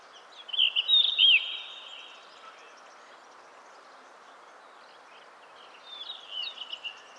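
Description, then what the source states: Bird song: a bright, warbling phrase of rapid twittering notes, a long pause, then a softer, shorter burst of similar notes, with constant low hiss behind. Recorded in 2010.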